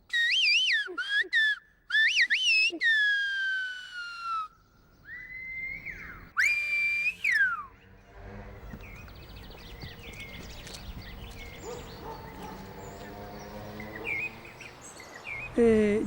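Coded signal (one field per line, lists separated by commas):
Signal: whistled language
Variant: Silbo Gomero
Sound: loud gliding whistles rising and falling in pitch, then fading into background noise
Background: outdoor ambience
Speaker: I learned the whistling language in the mountains now I'm a professor of Silo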